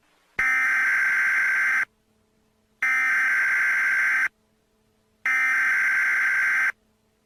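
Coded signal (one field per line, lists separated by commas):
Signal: Emergency Alert System (SAME) tones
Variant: header bursts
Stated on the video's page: Simulated tones from a fictional EAS scenario.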